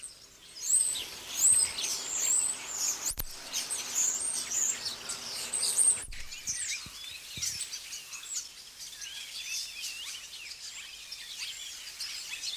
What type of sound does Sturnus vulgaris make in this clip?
song